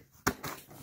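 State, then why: Released. The release tab on an EV1 fuel injector's plastic electrical connector clip is pressed with one hand, giving a sharp click at 0.3 s. The connector comes free of the fuel injector and pulls right out with no prying needed.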